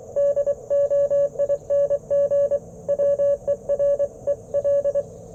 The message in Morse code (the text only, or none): DOING WE REL